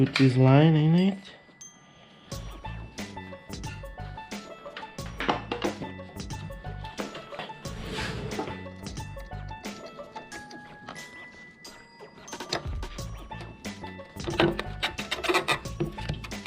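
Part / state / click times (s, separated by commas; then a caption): cover or holder clip on a motorcycle frame near the tank / not seated / none. During a battery and air filter service on a BMW R nine T Urban GS motorcycle, a cover or holder clip on the frame near the tank, located by a small pin at its top, is handled with scattered light taps and clinks while music plays and someone talks. Nothing has seated or clicked into place yet.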